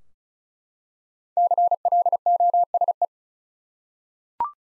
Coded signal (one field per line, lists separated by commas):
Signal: Morse code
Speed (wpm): 34 wpm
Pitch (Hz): 700 Hz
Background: none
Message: CLOSE